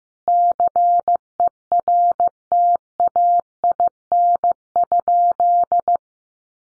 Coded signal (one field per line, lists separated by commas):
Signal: Morse code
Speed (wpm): 15 wpm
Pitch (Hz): 700 Hz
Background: none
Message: CERTAIN?